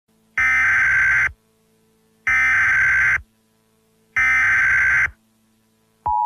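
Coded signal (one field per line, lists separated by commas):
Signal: Emergency Alert System (SAME) tones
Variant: header bursts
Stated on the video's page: Fictional analog-horror emergency alert about missing persons across several counties.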